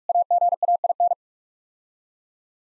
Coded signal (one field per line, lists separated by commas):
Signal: Morse code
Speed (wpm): 44 wpm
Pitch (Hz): 700 Hz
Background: none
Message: AGAIN